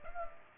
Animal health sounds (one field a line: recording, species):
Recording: mosquito wingbeat signal from an infrared sensor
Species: Culex pipiens